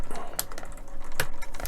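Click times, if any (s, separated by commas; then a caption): 0.4 s. After a failed first try, a plastic model pipe is pushed again into a tight connector on the distributor of a scale model lorry. It clicks sharply at 0.4 s as it seats, a very tight fit, amid light plastic handling noises and another sharp tick at 1.2 s.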